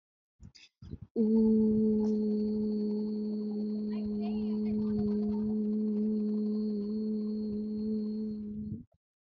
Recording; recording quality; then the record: sustained vowel as in boot; moderate, slight background noise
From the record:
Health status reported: healthy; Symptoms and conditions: none ticked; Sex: female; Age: 22 years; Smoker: not ticked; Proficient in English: yes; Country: India